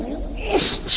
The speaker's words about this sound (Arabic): يرحمك الله